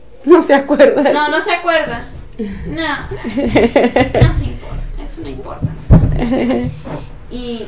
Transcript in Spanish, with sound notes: No se acuerda.
No, no se acuerda. No. (risas) No nos importa, eso no importa, no se preocupe. (risas) Y